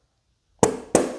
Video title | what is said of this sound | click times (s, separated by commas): CB750F Details | those in until they click and push the bottom one in | 0.6 s, 0.9 s